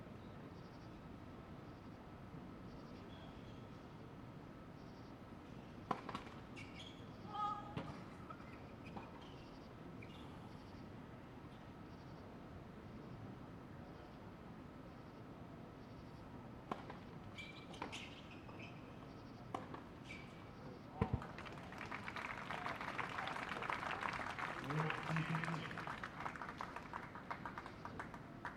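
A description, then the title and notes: Night tennis with a low, steady rumble underneath and a faint constant whine. Sharp clicks and ball hits come around 6–8 seconds, 17–18 and 21 seconds, with quiet voices between. From about 22 seconds a dense crackling wash swells louder, with a brief low tone near 25 seconds. Night time tennis match. Late at night there's a tennis match. The crickets chirp, trains passby in the disance, people quietly chat, two tennis players compete.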